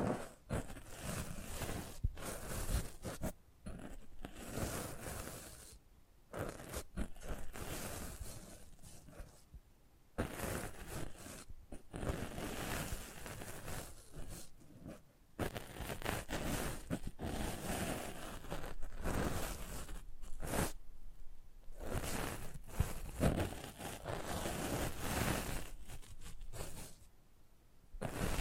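Close-up ASMR mic treatment: dense scratching, brushing and rustling sweep over the microphone in quick irregular strokes, bright and low at once. Brief pauses break the flow around 6, 10, 15 and 27 seconds before the scraping resumes.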